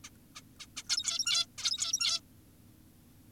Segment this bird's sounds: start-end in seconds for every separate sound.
0.04-0.10, 0.36-0.42, 0.60-0.66, 0.77-0.83, 0.89-1.46, 1.58-2.20